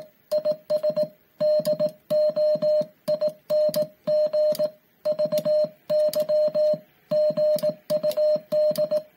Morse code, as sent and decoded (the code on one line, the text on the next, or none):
.. ... / -.. --- .. -. --. / ...- -.-- / --. ..- -..
IS DOING VY GUD